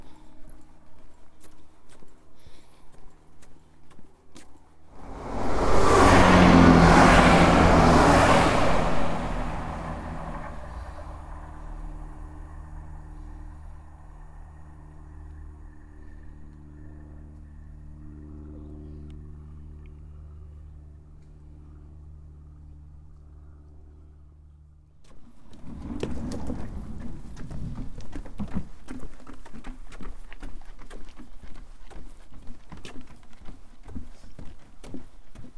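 Footsteps crunch steadily on a country walk. Around five seconds a vehicle roars past, leaving a low droning hum that slowly fades over the next fifteen seconds. Near twenty-five seconds the quick, irregular footfalls return, louder.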